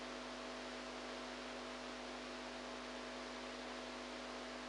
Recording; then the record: brain microelectrode recording played as sound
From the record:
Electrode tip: outside the subthalamic nucleus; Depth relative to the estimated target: -6 mm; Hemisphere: right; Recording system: NeuroSet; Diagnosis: Parkinson's disease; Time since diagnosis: 8 years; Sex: female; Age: 45 years